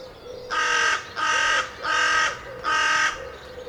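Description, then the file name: Carrion crow delivering four loud, grating caws, each about half a second long. "Corvus corone"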